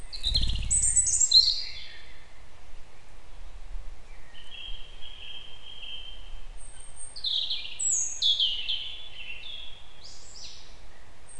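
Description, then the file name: European robin song, a run of sweet high warbles and drawn-out thin notes, opening with a brief low thump and set over soft background noise. "Erithacus rubecula"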